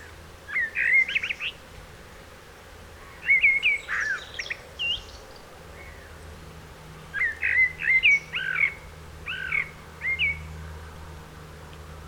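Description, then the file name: Common blackbird singing repeated fluty, warbled phrases with higher squeaky notes, separated by brief pauses. "Turdus merula"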